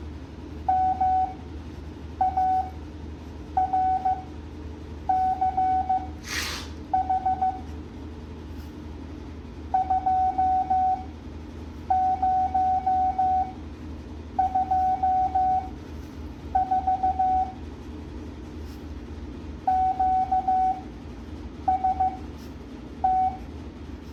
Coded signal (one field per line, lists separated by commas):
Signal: Morse code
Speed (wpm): 15 wpm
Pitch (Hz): 750 Hz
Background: none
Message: MARCH 2024 QST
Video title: Morse code practice at 7.5 words a minute